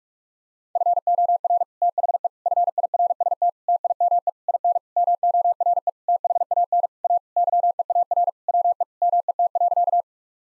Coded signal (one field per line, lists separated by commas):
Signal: Morse code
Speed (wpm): 46 wpm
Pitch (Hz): 700 Hz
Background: none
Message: FOR THE FIRST TIME IN MORE THAN A YEAR WE MET.